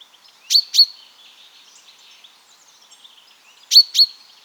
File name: Fringilla coelebs